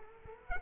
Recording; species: mosquito wingbeat signal from an infrared sensor; Culex quinquefasciatus